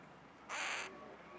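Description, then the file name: Carrion crow giving one short, raspy caw over a soft background hiss. "Corvus corone"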